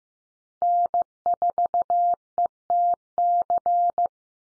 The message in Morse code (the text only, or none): N4ETC